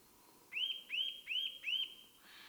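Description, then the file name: Eurasian nuthatch calls, four clear upslurred whistled notes in a steady series. "Sitta europaea"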